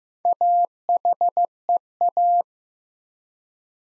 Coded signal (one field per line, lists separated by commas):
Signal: Morse code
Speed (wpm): 15 wpm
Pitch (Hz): 700 Hz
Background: none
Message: AHEA